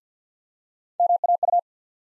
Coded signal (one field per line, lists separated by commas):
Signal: Morse code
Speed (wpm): 50 wpm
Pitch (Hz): 700 Hz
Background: none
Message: MAU